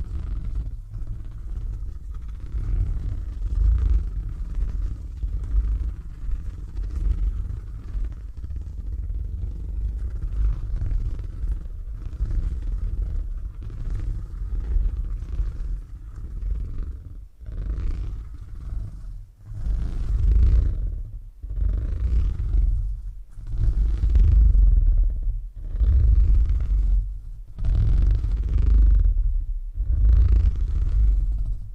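Deep, rumbling purring runs steadily for the first half, then breaks into distinct rhythmic bursts with short silent gaps, roughly every second or two.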